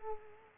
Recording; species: mosquito wingbeat signal from an infrared sensor; Culex quinquefasciatus